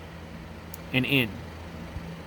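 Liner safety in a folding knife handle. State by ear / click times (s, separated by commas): released / 0.7 s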